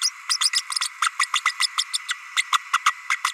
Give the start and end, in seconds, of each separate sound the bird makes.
0.01-0.11, 0.29-0.37, 0.40-0.50, 0.53-0.61, 1.02-1.09, 1.19-1.27, 1.33-1.40, 1.45-1.52, 1.59-1.67, 1.77-1.84, 1.93-1.98, 2.08-2.13, 2.36-2.43, 2.52-2.58, 2.73-2.79, 2.85-2.94, 3.09-3.16, 3.24-3.32